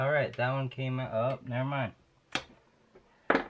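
Someone talks while a driver works at a small screw holding the butterfly plate to the throttle valve shaft in a metal Subaru TGV intake assembly. Sharp clicks at about 2.4 s and 3.3 s are heard as the driver slips in the screw head. The small screw head is stripped out.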